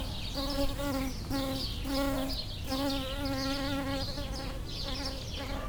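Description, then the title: Bumblebee buzzing, a steady droning hum with harmonic bands. Bumblebees approaching flowering lavender, recorded with a pair of microphones placed in the lavender plant. "Abejorros En Flor"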